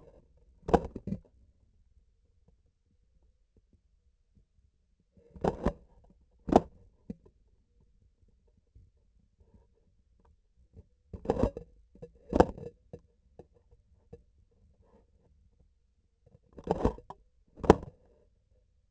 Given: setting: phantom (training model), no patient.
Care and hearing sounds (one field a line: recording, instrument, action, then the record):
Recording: laparoscopic instrument, vibration sensor on the handle end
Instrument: grasping forceps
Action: opening and closing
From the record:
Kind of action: tool actuation without material contact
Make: other than Olympus